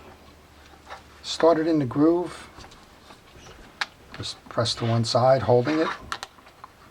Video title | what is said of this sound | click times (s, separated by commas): Penn Powergraph 1500 Spin fishing reel how to take apart and service | you hear it snap in | 6.2 s